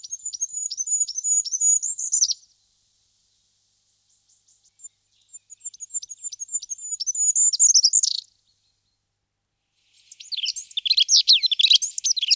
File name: ZHeltogolovyj korolyok Regulus regulus